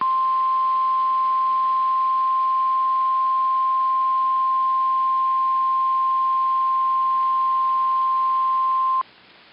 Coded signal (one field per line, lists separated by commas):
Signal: Emergency Alert System (SAME) tones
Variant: 1050 Hz attention tone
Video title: 2-7-19 Required Weekly Test (EAS #293)